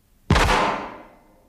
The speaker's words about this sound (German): Ein Schuss ist gefallen? Aufgeregt? Herr Hörspielregisseur? Wieso ein Schuss, Herr Autor?